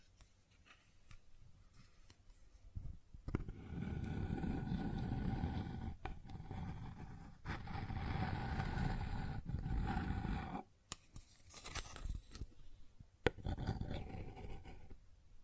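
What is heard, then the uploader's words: Sounds on a wooden surface: after a quiet, scratchy opening, a dense low rumbling scrape runs from about 3 to 10 seconds, broken by sharp knocks. The rest brings shorter, brighter rubbing bursts and a loud tap near 13 seconds. ASMR Sounds on Wooden Surface (No Talking).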